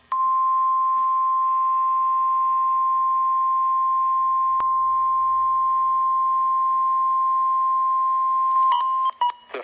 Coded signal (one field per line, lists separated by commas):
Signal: Emergency Alert System (SAME) tones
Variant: 1050 Hz attention tone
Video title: Weather Radio EAS #168 (Child Abduction Emergency)